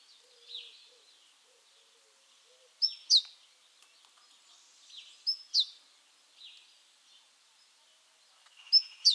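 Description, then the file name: Great tit calls: three bursts of a thin level note followed by two falling notes, a few seconds apart, with softer chirps in between. "Parus major"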